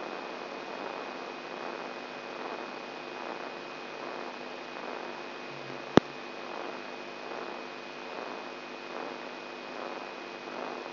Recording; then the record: brain microelectrode recording played as sound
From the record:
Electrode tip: inside the subthalamic nucleus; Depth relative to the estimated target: 2.5 mm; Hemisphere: left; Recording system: AlphaMap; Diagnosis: Parkinson's disease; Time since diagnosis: 11 years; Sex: male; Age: 67 years